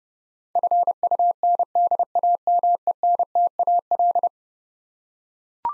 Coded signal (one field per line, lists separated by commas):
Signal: Morse code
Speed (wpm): 32 wpm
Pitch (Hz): 700 Hz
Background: none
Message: FUNDAMENTAL